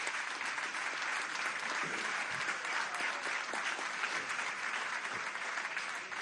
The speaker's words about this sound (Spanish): Vamos a darle un aplauso al Movimiento Somos Venezuela